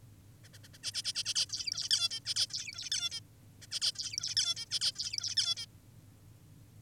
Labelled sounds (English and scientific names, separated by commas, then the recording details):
Zebra Finch (Taeniopygia guttata)
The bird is an adult
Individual g19o10U